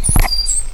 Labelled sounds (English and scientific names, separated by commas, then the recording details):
Stitchbird (Notiomystis cincta) song
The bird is a male
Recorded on Tiritiri Matangi Island, New Zealand, in 2005
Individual 8, of nest box 10